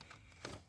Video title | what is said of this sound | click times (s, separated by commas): Lexus LS460 02 sensor bank 1 sensor 2 and bank 2 sensor 2 replacementPART1 THE REMOVAL | and you hear them snap out and then you do that you do the outside second so you pull it up | 0.0 s, 0.5 s